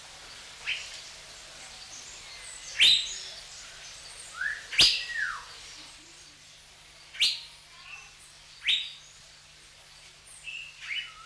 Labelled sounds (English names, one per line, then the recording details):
Blue Whistling Thrush call
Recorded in captivity
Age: adult
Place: Zoo Augsburg, Bayern, DE
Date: 1993-09-04 11:52
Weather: 14 °C, bedeckt
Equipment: Marantz CP 430, Sennheiser MKH 416 T, Kopie Uher Variocord 263
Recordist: Tembrock, Günter